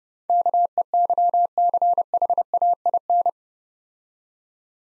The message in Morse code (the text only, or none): KEYCHAIN